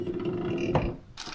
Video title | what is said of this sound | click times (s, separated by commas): JUBA HAKKAB MINGI JAMA PIHTA - Mis seisus on minu uus e34? | U: It just went into it's position, but it's not locked in there | 0.8 s